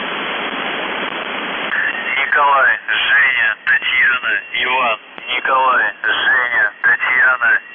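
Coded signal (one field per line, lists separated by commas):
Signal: numbers station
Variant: UVB-76 voice message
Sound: shortwave hiss, then a male voice reading short words with brief pauses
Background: radio static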